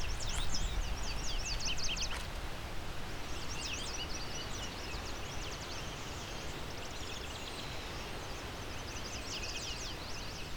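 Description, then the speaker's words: Yellow Warbler songs, several bright high phrases of sweet slurred notes repeated throughout, against steady low background noise. Sweet-sweet-sweeter-than-sweet songs in a sandy meadow near the beach; many yellow warblers present, some holding territory and many on migration. "As you can hear, it's a lot of sweeter than sweet songs. All yellow warblers."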